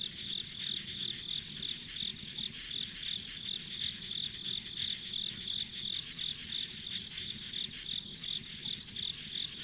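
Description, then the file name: Insects in chorus: rapid regular high chirps around three a second, a sustained hissing background chorus, and low faint ambient noise. Insects as ambient sound on a country road. "田舎道の虫の環境音"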